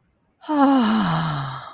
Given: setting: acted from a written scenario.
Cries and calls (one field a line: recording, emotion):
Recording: vocal sound without words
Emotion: contentment